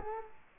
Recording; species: mosquito wingbeat signal from an infrared sensor; Culex quinquefasciatus